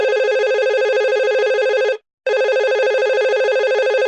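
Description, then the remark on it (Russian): A telephone rings in two loud electronic bursts with a brief silent gap between them, each burst a steady, warbling multi-tone trill with no voices. “Когда она была уже на 3-м этаже, телефон зазвонил снова.”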